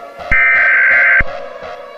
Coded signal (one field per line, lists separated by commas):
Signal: Emergency Alert System (SAME) tones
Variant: header bursts